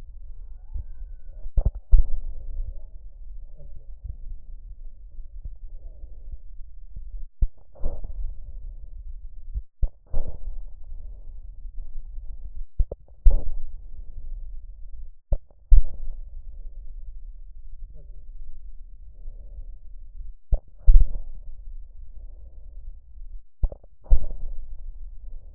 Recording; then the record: lung sounds by stethoscope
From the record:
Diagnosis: emphysema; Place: left posterior upper chest